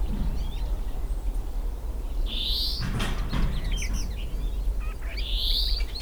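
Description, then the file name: European greenfinch giving two drawn-out, wheezy, slightly rising buzzes about three seconds apart, with scattered short chirps between and a steady low rumble beneath. "Chloris chloris"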